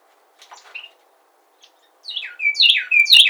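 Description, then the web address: Carolina wren song: a few soft chips, then loud, rich phrases of descending slurred notes start near the end. Recorded 7 January 2007. "Carolina Wren 2007 01 07"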